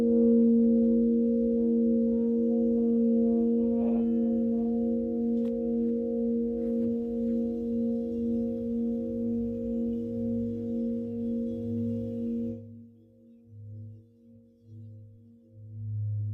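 A Tibetan singing bowl rings with a steady, sustained hum, several clear tones stacked and layered from low to mid pitch. The sound slowly fades, and after about twelve seconds the upper tones drop away, leaving a soft, pulsing low throb that wavers in and out.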